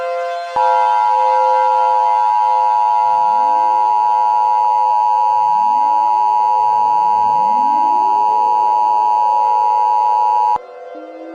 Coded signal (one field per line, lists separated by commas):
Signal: Emergency Alert System (SAME) tones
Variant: 853 and 960 Hz attention tone